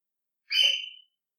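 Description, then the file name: Bird giving a single piercing whistled call that dies away, against silence. Recorded at night, 13 July 2015, around 02:17. "Yoru Naku Tori 20150713-021708"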